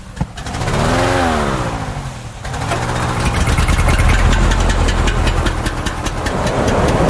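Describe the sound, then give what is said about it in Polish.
A motor whines up and down in pitch, then the burner of a 16-person hot air balloon with a 9000 cubic metre envelope bursts into a loud, steady roaring flame, set at an angle, that rushes on without a break for several seconds. “Prawdziwy język ognia. Ustawiany jest pod odpowiednim kątem.”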